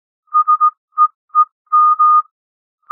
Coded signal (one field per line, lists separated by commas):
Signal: Morse code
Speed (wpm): 18 wpm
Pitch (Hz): 1230 Hz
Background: music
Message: SEEM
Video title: Improve Your Morse Code 15-18 WPM - 18-18 WPM